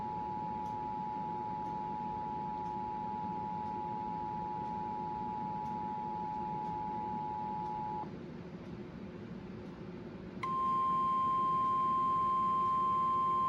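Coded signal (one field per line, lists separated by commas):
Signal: Emergency Alert System (SAME) tones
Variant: 853 and 960 Hz attention tone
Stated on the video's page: National Weather Service severe thunderstorm warning for NW Oregon and SW Washington, held and re-transmitted on a Trilithic EASyCAST unit.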